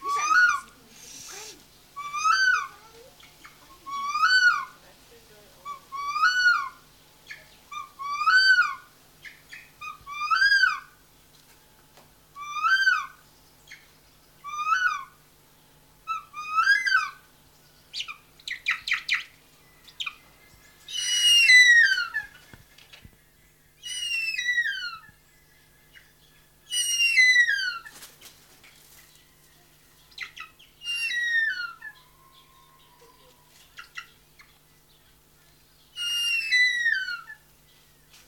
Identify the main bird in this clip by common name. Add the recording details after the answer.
Harpy Eagle. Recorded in captivity. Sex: male. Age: adult. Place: Tierpark Berlin, Berlin, DE. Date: 1983-10-01 10:46. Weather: sonnig ca. 6°C, leichter Wind. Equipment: Nagra SN, Kopie Uher 4000 Report Monitor. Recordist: Tembrock, Günter. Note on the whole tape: Männchen des Paares (sie auf Nest): lange Rufreihen mit wenigstens 3 Lauttypen, von denen einer auch vom einzelnen Nachbar geäußert wird (zusammenhängend aufgenommen!). Teilweise sehr gute Aufnahme